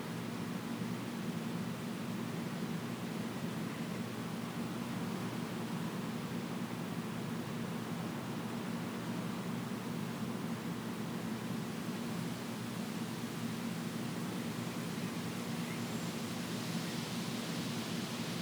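Wind blows in a steady, dense rush with no clear gusts or pauses. The sound sits mostly low, with a deep roaring hum under a soft hiss that holds an even level throughout.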